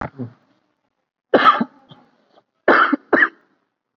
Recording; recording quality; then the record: shallow voluntary cough; excellent, no background noise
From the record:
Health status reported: COVID-19 positive, moderate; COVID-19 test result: positive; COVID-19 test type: RT-PCR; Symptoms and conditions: cough, cold, fever, fatigue, muscle pain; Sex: male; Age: 41 years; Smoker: no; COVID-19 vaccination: one dose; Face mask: worn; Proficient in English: yes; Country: India